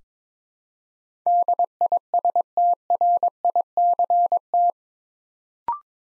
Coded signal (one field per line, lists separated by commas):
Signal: Morse code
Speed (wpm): 22 wpm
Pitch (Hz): 700 Hz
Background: none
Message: DISTRICT